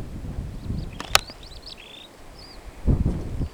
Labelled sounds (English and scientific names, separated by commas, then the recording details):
Superb Starling (Lamprotornis superbus) flight call
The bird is a male
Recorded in Kenya on 26 June 2010
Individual 83, of group SRB1